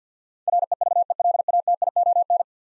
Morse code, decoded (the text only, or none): REVELATION